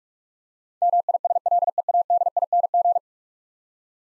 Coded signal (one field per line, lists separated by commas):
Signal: Morse code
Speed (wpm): 41 wpm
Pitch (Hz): 700 Hz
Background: none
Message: MISLEADING